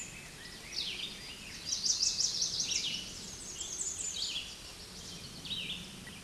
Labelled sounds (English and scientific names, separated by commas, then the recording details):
Red-eyed Vireo (Vireo olivaceus) song
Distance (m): 20 m
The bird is about level with the microphone
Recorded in a Pennsylvania forest on 16 May 2024 at 08:50
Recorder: AudioMoth, point MSD-0475
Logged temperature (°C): 12.3 °C
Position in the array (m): 142 m, 17 m